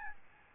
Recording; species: mosquito wingbeat signal from an infrared sensor; Aedes albopictus